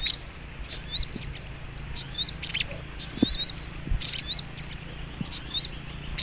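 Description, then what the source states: Little Spiderhunter singing sharp high chips joined to quick falling twitters, each burst about a second apart, with soft low background noise. Masteran (training) recording; song style called Labaik.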